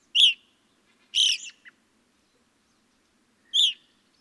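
Evening grosbeak calls: three loud, ringing notes, two close together and one after a pause, over a quiet background.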